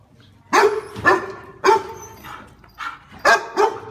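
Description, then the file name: Dog giving loud, harsh barks separated by short pauses, several in under four seconds. "Tieng cho sua"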